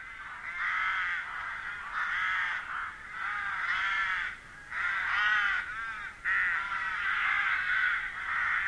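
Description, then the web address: Birds giving a dense, continuous chorus of harsh, overlapping cawing calls, swelling and fading in bursts every second or two. "madarak enek"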